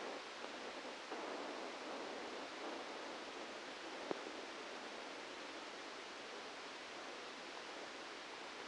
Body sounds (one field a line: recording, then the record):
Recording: brain microelectrode recording played as sound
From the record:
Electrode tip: outside the subthalamic nucleus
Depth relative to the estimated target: 3 mm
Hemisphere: left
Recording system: NeuroSet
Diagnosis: Parkinson's disease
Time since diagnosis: 13 years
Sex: male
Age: 63 years